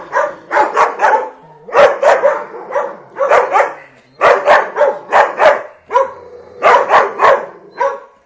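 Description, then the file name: Dog barking in quick bursts of several sharp barks, each burst separated by short pauses, repeated throughout. Ten dogs barking. "10 Hunde Bellen"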